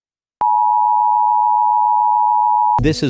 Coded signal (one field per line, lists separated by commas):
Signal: Emergency Alert System (SAME) tones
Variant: 853 and 960 Hz attention tone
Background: speech